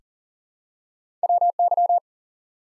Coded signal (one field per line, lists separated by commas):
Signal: Morse code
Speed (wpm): 39 wpm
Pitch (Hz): 700 Hz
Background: none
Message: WY